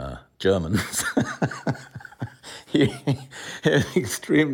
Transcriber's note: laughter